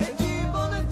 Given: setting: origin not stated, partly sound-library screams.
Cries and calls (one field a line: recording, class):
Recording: one-second piece from a danger detection set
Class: normal situation